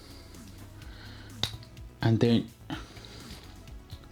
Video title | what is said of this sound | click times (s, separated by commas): Transformers WFC Kingdom: Rodimus Prime Review | you have it it's i hear the click i felt it actually | 1.4 s